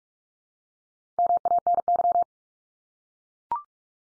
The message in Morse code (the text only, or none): MANY